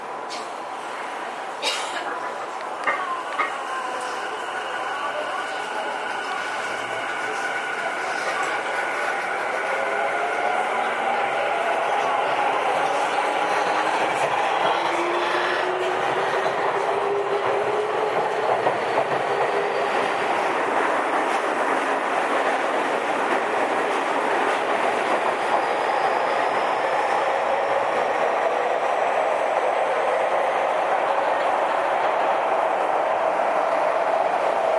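A Tokyu 5050 series train runs on the Toyoko and Minatomirai lines, its steady rumble swelling gradually over the half-minute. Rising and falling whines from the motors sweep through the middle, with a few short clicks and knocks early on.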